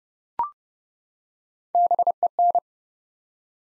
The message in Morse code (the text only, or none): BEN